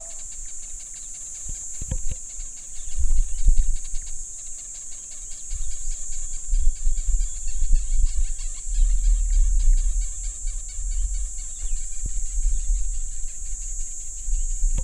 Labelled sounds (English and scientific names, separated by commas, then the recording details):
White-rumped Shrike (Eurocephalus ruppelli)
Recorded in northern Uganda